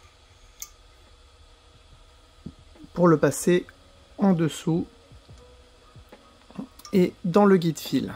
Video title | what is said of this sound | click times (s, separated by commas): Guide d'Enfilage : Thimonnier Star 545 | peux désormais mettre ma canette et appuyer pour entendre le clic | 0.6 s